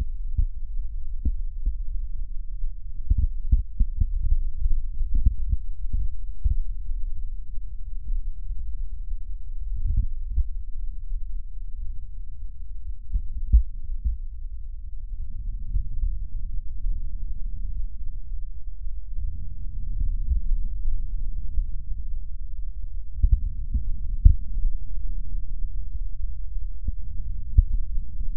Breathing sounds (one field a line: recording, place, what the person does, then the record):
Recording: lung sounds by stethoscope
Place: right posterior apical chest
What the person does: quiet breathing, then deep breathing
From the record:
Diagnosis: none (healthy)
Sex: male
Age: 30 years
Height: 190 cm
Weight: 88 kg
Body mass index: 24.4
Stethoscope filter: bell mode